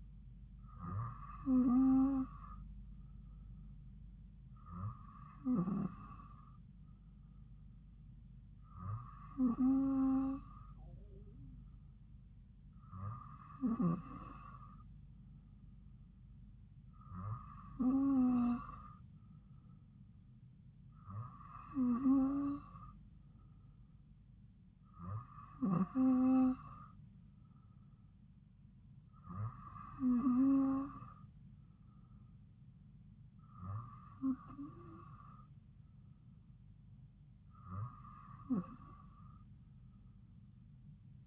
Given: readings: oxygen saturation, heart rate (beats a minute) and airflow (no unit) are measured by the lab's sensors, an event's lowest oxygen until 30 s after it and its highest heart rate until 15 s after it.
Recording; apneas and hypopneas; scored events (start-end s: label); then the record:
breathing in sleep by a smartphone at the bedside; none
none scored
From the record:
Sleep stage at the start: N2 (light sleep); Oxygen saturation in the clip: 93 to 94%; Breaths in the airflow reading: 10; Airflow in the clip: -2.5 to 2.0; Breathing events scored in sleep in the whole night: 270 in 6.1 hours asleep